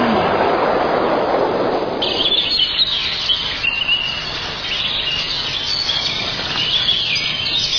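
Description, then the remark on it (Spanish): A brief rushing, whooshing noise gives way to a dense chorus of birds chirping and singing, high-pitched tweets overlapping steadily and fairly loud until the end, with no talking. “Pájaros.”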